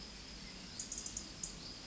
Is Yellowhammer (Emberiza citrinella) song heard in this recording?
no